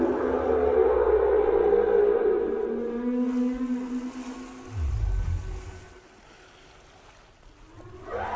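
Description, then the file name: Whale song with long, wavering tonal moans layered in harmonic bands, a low rumbling pulse near five seconds, and an upward sweeping cry at the end. "Canto de las ballenas"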